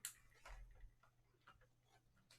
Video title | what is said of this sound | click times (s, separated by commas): Custom Gaming Computer Build Part 1 Problem Encountered | and it kind of snaps into place | 0.1 s